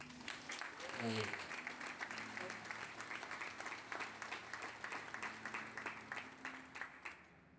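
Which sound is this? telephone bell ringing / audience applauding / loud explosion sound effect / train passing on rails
audience applauding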